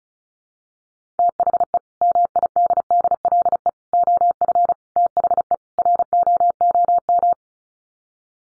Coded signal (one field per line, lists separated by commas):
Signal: Morse code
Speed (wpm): 34 wpm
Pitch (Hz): 700 Hz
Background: none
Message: THE MIDDLE OF THE ROOM